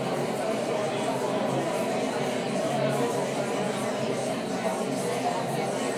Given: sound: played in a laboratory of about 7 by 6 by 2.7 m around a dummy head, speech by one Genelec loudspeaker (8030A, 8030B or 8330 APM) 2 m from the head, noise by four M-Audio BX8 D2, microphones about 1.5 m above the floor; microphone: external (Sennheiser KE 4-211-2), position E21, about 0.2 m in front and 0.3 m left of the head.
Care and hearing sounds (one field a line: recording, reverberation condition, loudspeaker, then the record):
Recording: babble noise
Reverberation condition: medium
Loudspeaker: four, about 170 cm from the corners of the room and facing them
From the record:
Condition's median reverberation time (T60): about 510 ms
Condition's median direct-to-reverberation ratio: about -0.5 dB